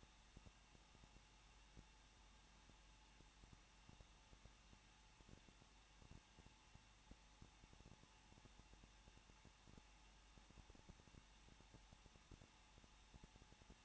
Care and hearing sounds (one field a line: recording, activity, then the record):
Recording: daily activity, microphone in the room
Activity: no activity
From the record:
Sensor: 1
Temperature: 20.1 degrees Celsius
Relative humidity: 39.1%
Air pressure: 1006.5 hPa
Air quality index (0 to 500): 216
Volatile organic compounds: 72 ppm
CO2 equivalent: 3534 ppm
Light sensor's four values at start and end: 1/2/1/1 and 1/2/1/1